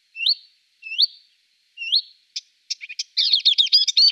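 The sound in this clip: Marsh warbler song: three separate upslurred whistled notes, followed by a few clicks and then a rushed, scratchy burst of mixed chattering notes.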